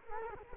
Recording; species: mosquito wingbeat signal from an infrared sensor; Culex quinquefasciatus